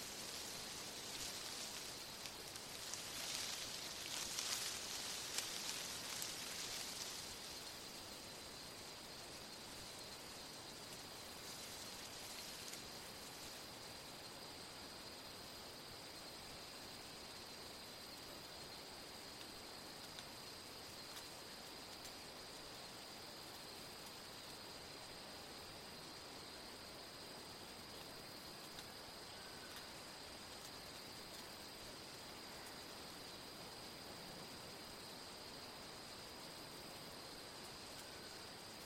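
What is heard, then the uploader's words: Grey-headed flying foxes chatter in a colony, with bursts of bright, busy squeaking in the first seven seconds and another brief flurry around twelve seconds. After that a steady, dense hiss of breeze and bush carries on, with a thin high whine running throughout. Twilight is descending and a colony of Grey-Headed Flying Foxes chatter happily.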